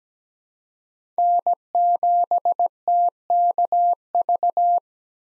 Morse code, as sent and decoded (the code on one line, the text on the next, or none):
-. --... - -.- ...-
N7TKV